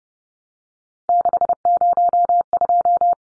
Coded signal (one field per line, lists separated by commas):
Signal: Morse code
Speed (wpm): 30 wpm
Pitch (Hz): 700 Hz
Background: none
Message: 602